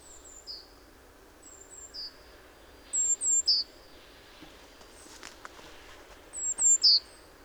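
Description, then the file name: Great tit calls: fainter high, thin note groups early on, then two louder bursts of sharp descending notes, with a soft background hiss throughout. "Parus major"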